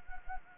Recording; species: mosquito wingbeat signal from an infrared sensor; Anopheles gambiae